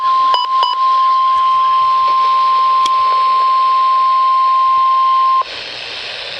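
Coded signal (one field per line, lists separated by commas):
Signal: Emergency Alert System (SAME) tones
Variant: 1050 Hz attention tone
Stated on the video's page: Real severe thunderstorm warning issued by the NWS, recorded from Midland WR-100 and RadioShack 12-993 weather radios.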